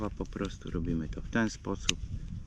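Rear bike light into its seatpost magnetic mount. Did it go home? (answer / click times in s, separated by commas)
no / none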